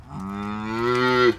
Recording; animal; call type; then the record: contact call of a hoofed animal; cattle; low-frequency (closed-mouth) or high-frequency (open-mouth) call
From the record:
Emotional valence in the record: negative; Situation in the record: full separation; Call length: 1.39 s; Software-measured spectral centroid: 1940 Hz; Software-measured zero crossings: 1230 a second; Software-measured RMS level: -23 dBFS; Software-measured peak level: -7 dBFS